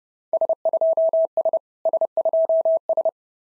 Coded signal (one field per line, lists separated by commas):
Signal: Morse code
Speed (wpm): 30 wpm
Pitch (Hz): 650 Hz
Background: none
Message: S2S S2S